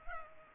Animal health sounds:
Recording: mosquito wingbeat signal from an infrared sensor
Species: Culex pipiens

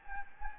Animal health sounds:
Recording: mosquito wingbeat signal from an infrared sensor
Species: Anopheles gambiae

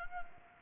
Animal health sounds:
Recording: mosquito wingbeat signal from an infrared sensor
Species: Anopheles gambiae

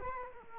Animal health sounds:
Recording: mosquito wingbeat signal from an infrared sensor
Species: Culex quinquefasciatus

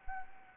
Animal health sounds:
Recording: mosquito wingbeat signal from an infrared sensor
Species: Anopheles gambiae

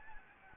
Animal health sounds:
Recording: mosquito wingbeat signal from an infrared sensor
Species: Anopheles gambiae

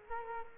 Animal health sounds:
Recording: mosquito wingbeat signal from an infrared sensor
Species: Culex quinquefasciatus

